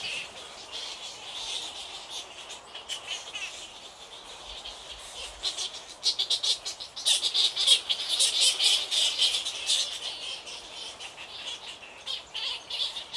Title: Ile Napoléon, lac Kivu, Rwanda - bats bats bats